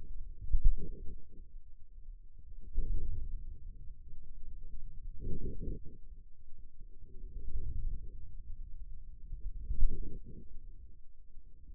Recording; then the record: forearm muscle sounds (acoustic myography)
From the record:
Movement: wrist flexion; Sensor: system 2, bracelet of six BSWA MPA416 microphones around the upper forearm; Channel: 3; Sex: male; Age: 22 years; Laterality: right